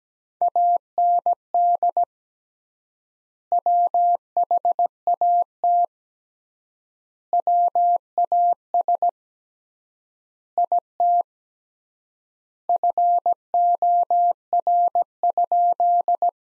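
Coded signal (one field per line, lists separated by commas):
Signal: Morse code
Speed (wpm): 17 wpm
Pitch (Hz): 700 Hz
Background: none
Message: AND WHAT WAS IT FOR?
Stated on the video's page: Morse practice at 17 wpm: sentences from the top 100 words with 3x word spacing, a Farnsworth-like method using words.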